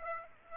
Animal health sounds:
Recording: mosquito wingbeat signal from an infrared sensor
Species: Aedes aegypti

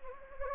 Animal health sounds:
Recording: mosquito wingbeat signal from an infrared sensor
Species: Anopheles gambiae

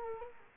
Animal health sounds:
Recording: mosquito wingbeat signal from an infrared sensor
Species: Culex quinquefasciatus

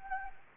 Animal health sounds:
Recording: mosquito wingbeat signal from an infrared sensor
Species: Anopheles gambiae

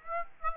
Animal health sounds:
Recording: mosquito wingbeat signal from an infrared sensor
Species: Aedes aegypti

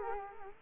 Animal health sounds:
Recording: mosquito wingbeat signal from an infrared sensor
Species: Culex quinquefasciatus

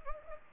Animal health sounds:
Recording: mosquito wingbeat signal from an infrared sensor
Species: Anopheles arabiensis

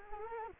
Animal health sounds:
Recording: mosquito wingbeat signal from an infrared sensor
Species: Anopheles arabiensis

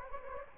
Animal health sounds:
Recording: mosquito wingbeat signal from an infrared sensor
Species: Anopheles gambiae

